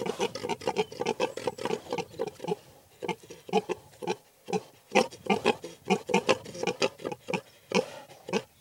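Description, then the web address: Several pigs grunting steadily, short rough oinks overlapping in quick succession. Several pigs in a field. "Sound Effects-BBC Pigs"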